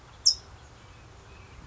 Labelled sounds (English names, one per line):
California Towhee